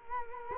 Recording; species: mosquito wingbeat signal from an infrared sensor; Culex quinquefasciatus